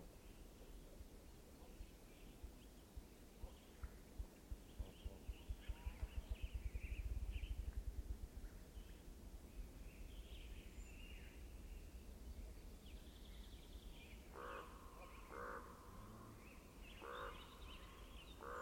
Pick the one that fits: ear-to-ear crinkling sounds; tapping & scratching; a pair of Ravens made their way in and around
a pair of Ravens made their way in and around